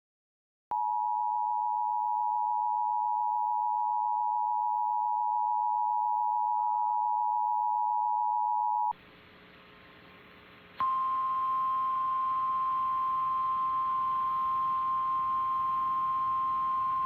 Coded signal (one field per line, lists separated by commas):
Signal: Emergency Alert System (SAME) tones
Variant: 853 and 960 Hz attention tone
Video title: MeTV WJFB - Amber Alert EAS (October 5th, 2024) [HD]